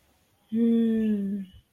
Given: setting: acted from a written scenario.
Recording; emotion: vocal sound without words; desire